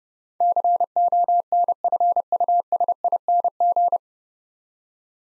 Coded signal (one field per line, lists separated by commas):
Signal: Morse code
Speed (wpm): 30 wpm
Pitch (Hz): 700 Hz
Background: none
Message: CONFUSING